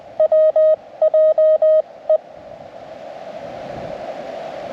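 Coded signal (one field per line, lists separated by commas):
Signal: Morse code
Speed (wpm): 20 wpm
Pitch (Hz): 620 Hz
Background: radio noise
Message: WJE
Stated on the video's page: First CW CQ on a Parks on the Air activation.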